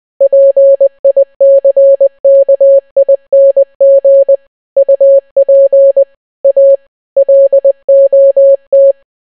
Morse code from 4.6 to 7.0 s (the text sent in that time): UP A